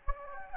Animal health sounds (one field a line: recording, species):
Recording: mosquito wingbeat signal from an infrared sensor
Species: Anopheles gambiae